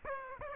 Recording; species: mosquito wingbeat signal from an infrared sensor; Aedes aegypti